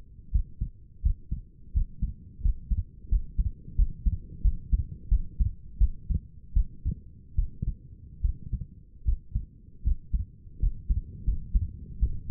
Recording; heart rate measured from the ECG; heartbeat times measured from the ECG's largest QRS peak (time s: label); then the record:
heart sounds by stethoscope; 82 bpm
0.32 s: heartbeat
1.03 s: heartbeat
1.74 s: heartbeat
2.42 s: heartbeat
3.09 s: heartbeat
3.76 s: heartbeat
4.42 s: heartbeat
5.09 s: heartbeat
5.79 s: heartbeat
6.54 s: heartbeat
7.36 s: heartbeat
8.22 s: heartbeat
9.05 s: heartbeat
9.84 s: heartbeat
10.60 s: heartbeat
11.25 s: heartbeat
12.00 s: heartbeat
From the record:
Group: healthy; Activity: rest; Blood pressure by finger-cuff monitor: 125/86 mmHg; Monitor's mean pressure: 97 mmHg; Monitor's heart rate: 84 bpm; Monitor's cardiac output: 5.7 L/min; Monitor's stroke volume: 67 mL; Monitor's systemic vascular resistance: 1300 dyn s/cm5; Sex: female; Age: 37 years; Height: 168 cm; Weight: 70 kg